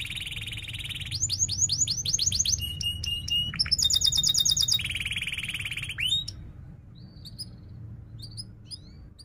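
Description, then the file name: Canary song of varied rolling trills and rapid chirping series, some rising, some steady and buzzy, over a low steady hum. Prolific 'gacor' singing canary with 'cuit-cuit' chirps and sharp rolling ('ngerol tajam') song. "Suara Kenari Gacor Cuit Cuit Ngerol Tajam"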